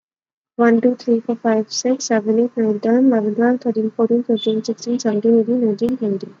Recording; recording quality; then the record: counting at a fast pace; moderate, slight background noise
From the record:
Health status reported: exposed to COVID-19, no respiratory illness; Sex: female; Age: 24 years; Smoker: yes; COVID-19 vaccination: both doses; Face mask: worn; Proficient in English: yes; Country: India